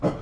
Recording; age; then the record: pig call; growing-finishing pig (85 days or more)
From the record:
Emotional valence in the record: positive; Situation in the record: run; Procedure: transit